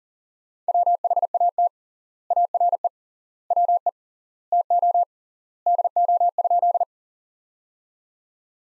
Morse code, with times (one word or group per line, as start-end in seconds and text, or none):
0.7-1.7 WHAT
2.3-2.9 ARE
3.5-3.9 WE
4.5-5.0 TO
5.7-6.8 DO?